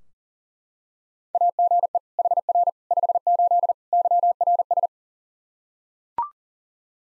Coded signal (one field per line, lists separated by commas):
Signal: Morse code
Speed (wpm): 40 wpm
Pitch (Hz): 700 Hz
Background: none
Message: AGE HR 58 YRS